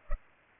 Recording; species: mosquito wingbeat signal from an infrared sensor; Culex pipiens